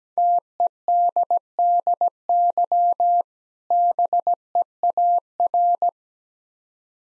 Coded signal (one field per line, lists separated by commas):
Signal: Morse code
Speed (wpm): 17 wpm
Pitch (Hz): 700 Hz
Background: none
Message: TEDDY BEAR